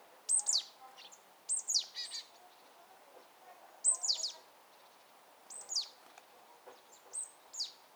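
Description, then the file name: Marsh tit calls: high, sharp, downward-sweeping notes given in small bursts every second or two, with softer twitters between them. "Poecile palustris"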